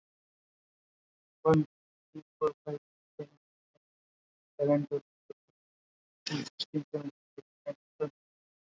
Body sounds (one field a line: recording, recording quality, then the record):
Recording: counting at a fast pace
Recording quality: poor, much background noise or distortion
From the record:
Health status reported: COVID-19 positive, moderate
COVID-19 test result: positive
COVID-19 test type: RT-PCR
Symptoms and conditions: cough, cold, fever, fatigue, muscle pain, loss of smell and taste, diarrhoea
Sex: male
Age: 25 years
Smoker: no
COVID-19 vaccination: both doses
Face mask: worn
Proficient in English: yes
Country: India